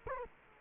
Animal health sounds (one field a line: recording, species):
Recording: mosquito wingbeat signal from an infrared sensor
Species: Culex quinquefasciatus